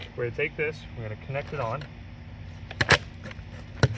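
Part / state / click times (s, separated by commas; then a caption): coupler onto corrugated drain pipe / seated / 2.8 s, 3.8 s. Someone talks as a plastic coupler is pushed onto a corrugated plastic drain pipe during a yard drain repair. Sharp pops and clicks ring out at 2.8 s and 3.8 s as it snaps on, and the coupler is seated firmly and will not let go.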